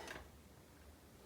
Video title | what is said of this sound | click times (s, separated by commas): Dell XPS 420 Video Card Upgrade | Push down till you hear a satisfying click. | 0.1 s